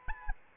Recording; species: mosquito wingbeat signal from an infrared sensor; Aedes albopictus